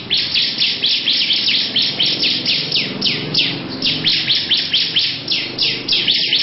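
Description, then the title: Continuous rapid, scratchy lovebird chirps, closely packed and steady, accompanied by a low background hum. Long "ngekek panjang" song. "Audio Lovebird Ngekek Panjang Ciblek"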